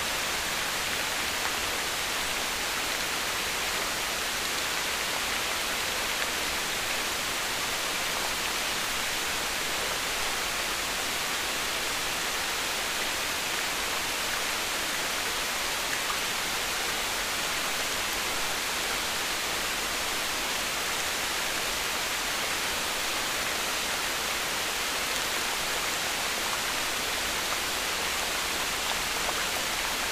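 Rain pours down in a steady, dense hiss that holds the same level for the whole stretch. The sound is bright, a thick wash of countless drops with no separate patters or pauses, and little weight in the low end.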